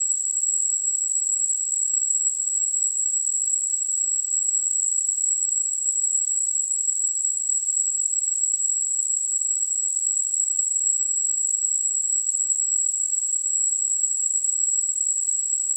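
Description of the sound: Simulated tinnitus: a steady, high-pitched tone near 8 kHz, ringed by a narrow band of hiss, unchanging in pitch and loudness throughout, with no low-frequency sound.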